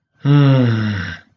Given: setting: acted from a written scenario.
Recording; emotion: vocal sound without words; shame